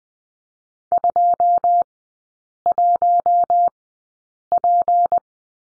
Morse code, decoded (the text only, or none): 21P